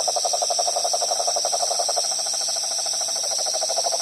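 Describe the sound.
Frog giving an unbroken, quick pulsing trill in the mid range, steady from start to finish, with a shrill insect chorus buzzing above it.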